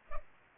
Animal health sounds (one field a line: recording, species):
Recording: mosquito wingbeat signal from an infrared sensor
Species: Culex pipiens